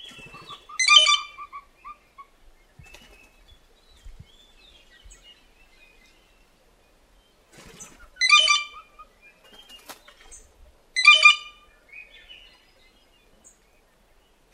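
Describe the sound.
Blue jay calling with three grating, buzzy squawks spread across the recording, the last two closer together, amid quiet chirping from other birds.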